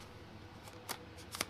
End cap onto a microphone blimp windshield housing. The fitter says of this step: we go locks into place and the caps again on